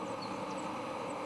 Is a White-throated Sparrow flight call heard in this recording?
no